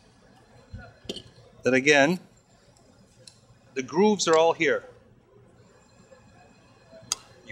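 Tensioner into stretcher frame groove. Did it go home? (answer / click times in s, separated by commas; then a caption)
yes / 7.1 s. Someone talks while a tensioner is pushed into the groove of a gallery-wrap canvas stretcher frame. It pops into place with a sharp click at 7.1 s, and the tensioner is seated in the groove.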